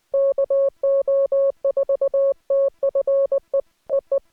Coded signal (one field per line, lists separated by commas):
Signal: Morse code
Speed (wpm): 19 wpm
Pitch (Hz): 560 Hz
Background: none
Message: KO4TFE EE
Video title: Morse Code Head Copy Practice | No interruptions